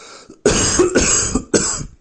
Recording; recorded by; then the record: voluntary cough; messaging app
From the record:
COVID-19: negative